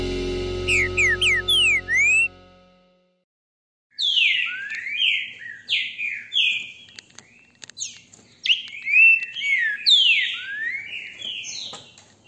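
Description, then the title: Green-winged saltator song of fast slurred whistles after a short burst of electronic-sounding tones and about a second and a half of silence; the bird then sings continuously. Beautiful song, recorded with a mobile phone held in the hand. "GRAVEI COM CELULAR NA MÃO, trinca ferro canto lindo"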